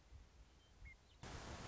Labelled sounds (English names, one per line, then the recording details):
Western Meadowlark
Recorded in Sonoma County, California